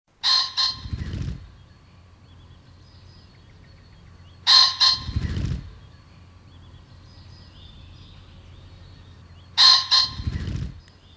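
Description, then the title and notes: Common Pheasant crowing: a loud, harsh two-note crow followed by a low whirring wing-beat burst, repeated three times about every five seconds. "Fasaani. Juha Laaksonen"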